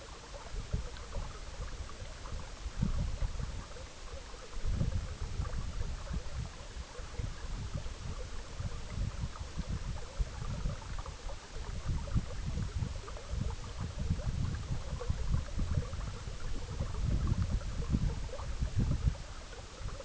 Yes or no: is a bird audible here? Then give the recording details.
no. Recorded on Arctic tundra, site EABA-MC, on 19 June 2019. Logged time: 22:00